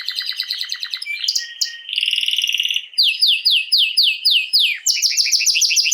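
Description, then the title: Belgian canary song: rapid high trills, a low buzzy roll, then a run of repeated downward-swooping notes and a final bright trill. Male Belgian canary named Raiden singing a great deal; meant for warming up young birds and Belgian canaries. "Esquente Seu Filhote E Canario Belga Em 30 Minutos Macho Cantando Muito. Canrio Belga RAIDEN Cantando Muito - Esquente seu Canrio Belga"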